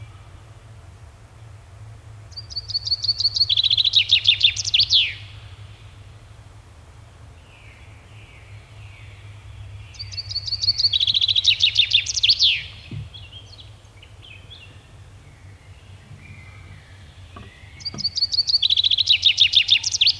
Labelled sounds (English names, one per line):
Common Chaffinch song